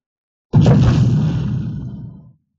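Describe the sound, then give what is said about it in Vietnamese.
A sudden loud burst of distant, shaking wind and thunder, like a divine drum, as a chaotic yellow wind sweeps in, heavy in the low end with a hissing top, roaring steadily for nearly two seconds before cutting off. No voices. “Xa xa truyền tới tiếng phong lôi chấn động, giống như tiếng trống thần đánh vang, một trận gió vàng hỗn độn tràn tới, rất yêu tà mà nghịch thiên.”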